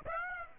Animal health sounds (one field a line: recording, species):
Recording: mosquito wingbeat signal from an infrared sensor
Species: Aedes aegypti